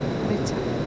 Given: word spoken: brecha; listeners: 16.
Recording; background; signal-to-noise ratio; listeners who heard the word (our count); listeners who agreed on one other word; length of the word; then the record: one Spanish word in noise, from a listening test; speech-shaped noise; -5.1 dB; 1 of 16; 7 of 16; 0.46 s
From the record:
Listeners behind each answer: 7, 2, 2, 1, 1, 1, 1, 1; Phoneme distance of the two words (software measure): 17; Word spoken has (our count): 2 syllables, 5 phonemes, stress on syllable 1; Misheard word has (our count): 2 syllables, 4 phonemes, stress on syllable 1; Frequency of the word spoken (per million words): 7.65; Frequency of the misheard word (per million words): 115.04